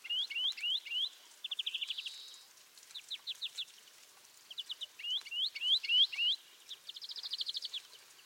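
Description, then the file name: European greenfinch twittering: curving chirps in groups of three or four, short rapid trills, and a brief nasal buzz, continuing in bursts throughout. "Chloris chloris"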